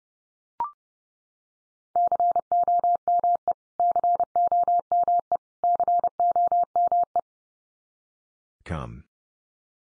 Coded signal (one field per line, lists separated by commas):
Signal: Morse code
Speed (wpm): 30 wpm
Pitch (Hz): 700 Hz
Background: none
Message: COME COME COME